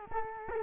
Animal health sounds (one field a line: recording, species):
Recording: mosquito wingbeat signal from an infrared sensor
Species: Culex quinquefasciatus